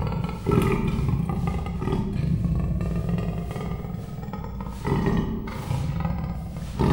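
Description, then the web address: Persian leopard giving a low, rough rumbling growl, with louder surges near the start, near the middle and at the end. Zoo animal in Miskolc, 2018; begins vocalising agitatedly. "miskolcizoo 2018 perzsa leopard indulatosankezdi"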